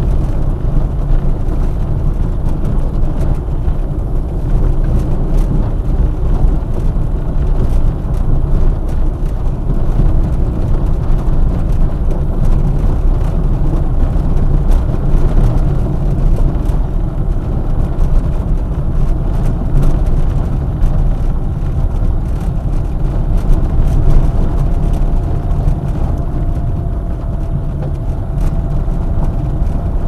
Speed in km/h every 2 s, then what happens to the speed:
22, 20, 23, 23, 24, 23, 25, 25, 25, 25, 26, 26, 29, 29, 30.
0-30 speeds up to 30.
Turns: 0-11.